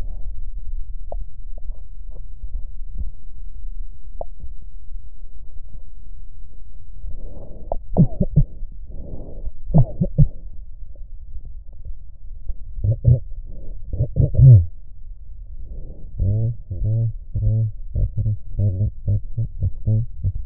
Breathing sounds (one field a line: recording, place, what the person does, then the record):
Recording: lung sounds by stethoscope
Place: left posterior basal chest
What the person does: quiet breathing, then cough and speech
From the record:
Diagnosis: none (healthy)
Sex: male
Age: 29 years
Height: 180 cm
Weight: 100 kg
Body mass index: 30.9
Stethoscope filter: extended mode